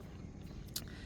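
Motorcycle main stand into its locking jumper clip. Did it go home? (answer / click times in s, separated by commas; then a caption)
yes / 0.8 s. The main stand of a Hero Xpulse 210 motorcycle is worked and locks into its jumper (spring clip) with a sharp metallic hit at 0.8 s, followed by a faint tick. A steady low rumble runs underneath throughout. The stand is seated in its retaining clip.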